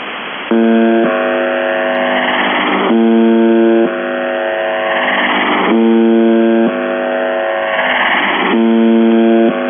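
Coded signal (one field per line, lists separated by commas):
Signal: channel marker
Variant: UVB-76 (The Buzzer)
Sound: about four harsh low one-second buzzes repeating every few seconds through radio static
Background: radio static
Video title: The Buzzer/UVB-76(4625Khz) September 4, 2021 05:58UTC Voice message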